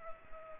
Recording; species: mosquito wingbeat signal from an infrared sensor; Culex pipiens